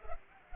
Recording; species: mosquito wingbeat signal from an infrared sensor; Culex pipiens